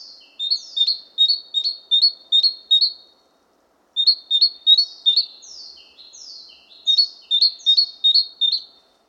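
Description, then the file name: Great tit giving a fast repeated series of crisp high chips, about three per second, then a pause and another run mixed with softer falling notes. "Parus major"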